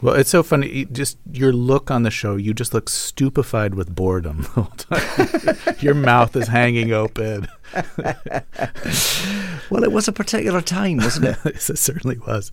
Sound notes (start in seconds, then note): 4.8 laughter; 7.6 laughter